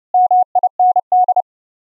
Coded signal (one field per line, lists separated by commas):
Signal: Morse code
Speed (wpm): 30 wpm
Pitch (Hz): 730 Hz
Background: none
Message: MIND